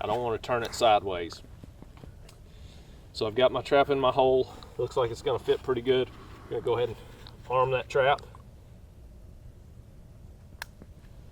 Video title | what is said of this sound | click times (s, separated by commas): Setting Traps For Coyotes and Other Predators!!!(Coyote trapping for beginners) | all right we heard our click there | 10.6 s